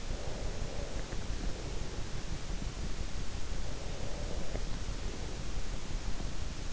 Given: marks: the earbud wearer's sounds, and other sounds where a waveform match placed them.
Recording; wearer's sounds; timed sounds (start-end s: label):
sounds in sleep by an in-ear microphone; breath
0.12-2.58 s: breath
3.43-6.68 s: breath